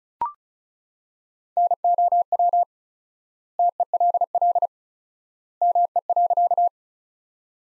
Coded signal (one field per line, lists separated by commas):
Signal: Morse code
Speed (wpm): 36 wpm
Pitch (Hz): 700 Hz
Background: none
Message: NOW TELL ME.